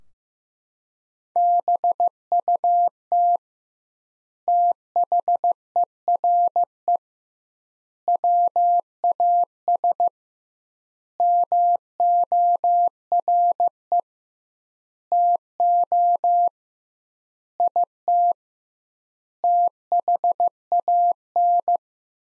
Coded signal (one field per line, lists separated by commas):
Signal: Morse code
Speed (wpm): 15 wpm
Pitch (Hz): 700 Hz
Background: none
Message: BUT THERE WAS MORE TO IT THAN